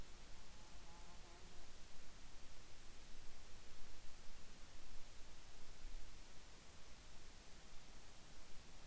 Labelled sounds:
insects
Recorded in the Arctic National Wildlife Refuge, Alaska, on 10 July 2019 at 18:19
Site 44

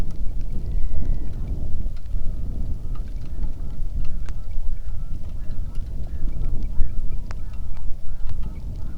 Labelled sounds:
waterfowl, wind, rain
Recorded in the Arctic National Wildlife Refuge, Alaska, on 3 August 2019 at 10:00
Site 46

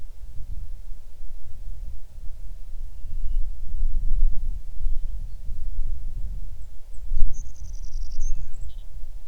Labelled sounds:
songbird, wind
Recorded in the Arctic National Wildlife Refuge, Alaska, on 6 July 2019 at 00:58
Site 39

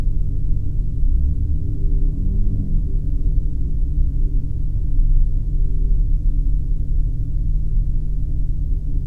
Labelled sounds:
machinery, flare stack
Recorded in the Arctic National Wildlife Refuge, Alaska, on 3 September 2019 at 00:53
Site 39

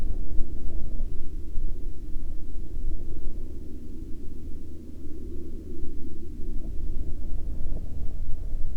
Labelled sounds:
aircraft
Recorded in the Arctic National Wildlife Refuge, Alaska, on 23 July 2021 at 15:22
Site 35

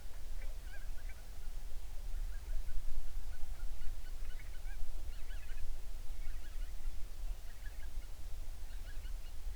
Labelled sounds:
waterfowl, seabird
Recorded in the Prudhoe Bay oil fields, Alaska, on 11 June 2019 at 04:40
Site 21

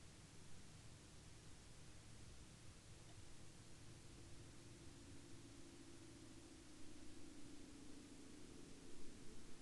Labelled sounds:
man-made sound
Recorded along the Dempster Highway, Canada, on 12 April 2020 at 19:08
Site 16

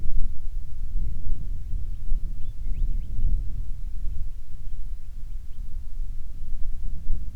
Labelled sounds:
bird, wind
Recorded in the Prudhoe Bay oil fields, Alaska, on 25 July 2019 at 02:28
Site 11

